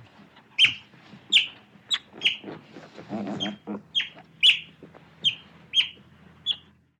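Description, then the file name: Otter calls: a run of about nine bright, high chirps with a brief low rumble midway. "Vydra"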